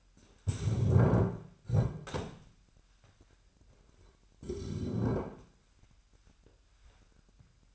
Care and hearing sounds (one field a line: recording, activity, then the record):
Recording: daily activity, microphone in the room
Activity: stand up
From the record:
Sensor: 2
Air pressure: 998.4 hPa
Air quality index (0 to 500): 127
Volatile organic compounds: 3 ppm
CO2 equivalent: 1445 ppm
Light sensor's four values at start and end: 7/16/6/7 and 6/13/6/6